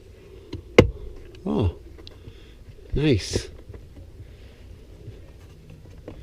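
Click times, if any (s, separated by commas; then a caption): none. An aftermarket plastic cabin air filter access door for a 2016 Ram 2500 is handled at the opening cut in the panel of the HVAC housing behind the glovebox, with a sharp tap near 0.8 s and a few softer knocks. Someone talks briefly. Nothing has seated or clicked yet.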